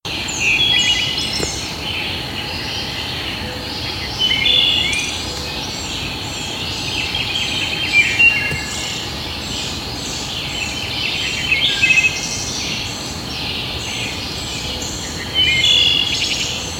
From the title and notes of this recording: Birds At 5:30am. It's noisy out here at 5:30 in the morning.